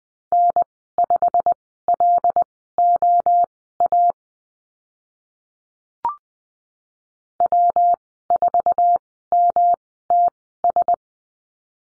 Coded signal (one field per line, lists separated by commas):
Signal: Morse code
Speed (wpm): 20 wpm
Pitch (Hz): 700 Hz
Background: none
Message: N5LOA W4MTS